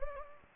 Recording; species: mosquito wingbeat signal from an infrared sensor; Anopheles gambiae